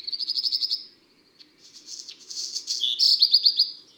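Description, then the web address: Black redstart song, a short rapid trill followed by scratchy, crackling notes and a second loud, ringing pulsed trill. Recorded in April. "Avril Le Rougequeue noir. les-4-saisons-des-chants-doiseaux"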